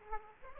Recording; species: mosquito wingbeat signal from an infrared sensor; Aedes aegypti